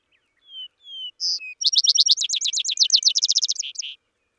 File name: Vesper Sparrow